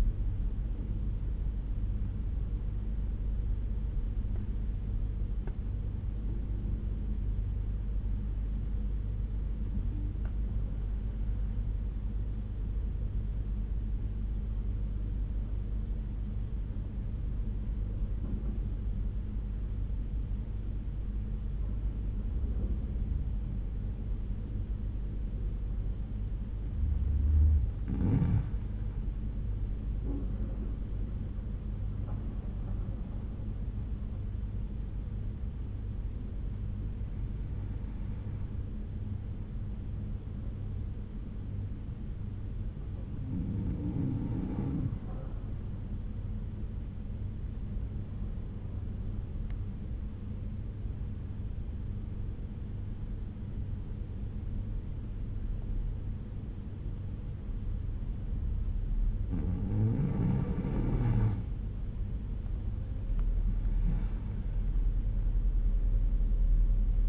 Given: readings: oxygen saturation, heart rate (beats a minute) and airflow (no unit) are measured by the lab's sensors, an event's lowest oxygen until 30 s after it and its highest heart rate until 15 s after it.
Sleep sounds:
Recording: breathing in sleep by a smartphone at the bedside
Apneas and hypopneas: 2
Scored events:
5.00-28.60 s: hypopnea (N1, oxygen 96% highest, then 88% lowest, heart rate 62 at the start, 73 highest)
13.00-67.09 s: new sleep stage, N2 (light sleep)
42.00-62.50 s: hypopnea (N2, oxygen 95% highest, then 88% lowest, heart rate 64 at the start, 71 highest)
From the record:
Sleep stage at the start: N1 (lightest sleep)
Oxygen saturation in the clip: 88 to 96%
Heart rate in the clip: 60 to 73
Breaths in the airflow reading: 8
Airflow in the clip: -8.0 to 8.5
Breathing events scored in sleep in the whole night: 368 in 8.0 hours asleep

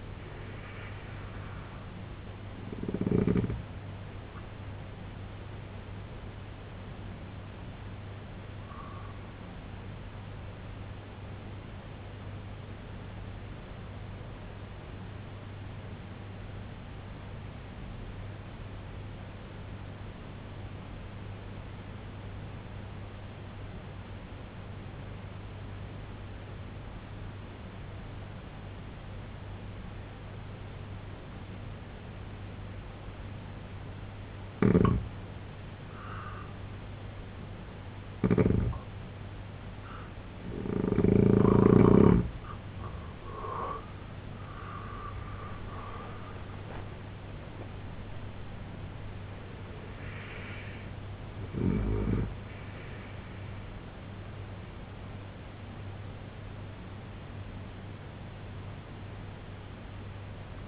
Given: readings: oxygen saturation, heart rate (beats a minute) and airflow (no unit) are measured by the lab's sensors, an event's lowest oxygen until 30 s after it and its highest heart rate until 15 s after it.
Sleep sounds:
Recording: breathing in sleep by a voice recorder at the bedside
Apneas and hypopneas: 1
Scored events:
18.00-39.30 s: obstructive apnea (N2, oxygen 95% highest, then 85% lowest, heart rate 62 at the start, 97 highest)
39.00-60.68 s: new sleep stage, N1 (lightest sleep)
From the record:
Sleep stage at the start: N2 (light sleep)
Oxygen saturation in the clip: 85 to 95%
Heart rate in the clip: 62 to 97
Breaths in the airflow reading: 8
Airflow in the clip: -11.1 to 10.6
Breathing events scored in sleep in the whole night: 258 in 7.4 hours asleep

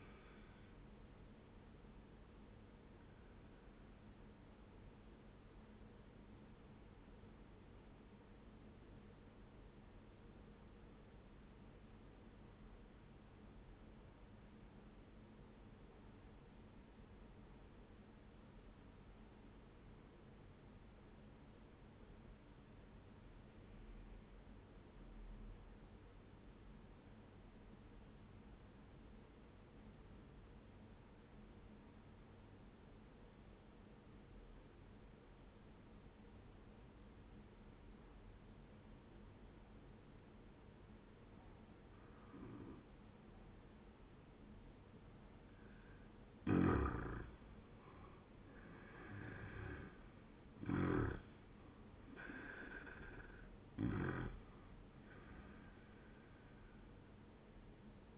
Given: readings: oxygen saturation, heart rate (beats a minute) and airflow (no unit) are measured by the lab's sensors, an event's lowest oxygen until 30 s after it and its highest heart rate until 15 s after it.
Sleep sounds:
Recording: breathing in sleep by a voice recorder at the bedside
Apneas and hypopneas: 1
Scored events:
8.00-44.50 s: obstructive apnea (N1, oxygen 97% highest, then 84% lowest, heart rate 77 at the start, 88 highest)
27.00-57.00 s: new sleep stage, N2 (light sleep)
57.00-58.18 s: new sleep stage, N1 (lightest sleep)
From the record:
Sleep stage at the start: N1 (lightest sleep)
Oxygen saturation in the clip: 83 to 97%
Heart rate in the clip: 71 to 88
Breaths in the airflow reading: 4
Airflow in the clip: -10.0 to 14.3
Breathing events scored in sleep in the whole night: 131 in 7.2 hours asleep

